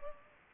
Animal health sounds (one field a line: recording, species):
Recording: mosquito wingbeat signal from an infrared sensor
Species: Culex pipiens